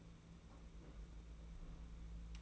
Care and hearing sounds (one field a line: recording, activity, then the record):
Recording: daily activity, microphone in the room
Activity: place on stove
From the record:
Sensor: 1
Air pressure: 992.0 hPa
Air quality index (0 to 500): 216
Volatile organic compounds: 1000 ppm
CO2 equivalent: 8428 ppm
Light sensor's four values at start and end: 22/76/30/30 and 22/76/30/30